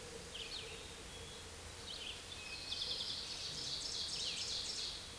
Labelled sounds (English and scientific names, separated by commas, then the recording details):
Ovenbird (Seiurus aurocapilla) song
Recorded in a Pennsylvania forest on 16 May 2024 at 09:43
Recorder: AudioMoth, point MSD-2287
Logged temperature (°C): 11.2 °C
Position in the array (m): 161 m, -11 m